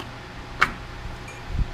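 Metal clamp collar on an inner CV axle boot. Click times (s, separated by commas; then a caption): 0.6 s. A metal clamp collar on an inner CV axle boot is pressed into position and snaps into place with a single sharp click at 0.6 s, confirming it has seated. Low background rumble continues around it, with a few soft knocks near the end.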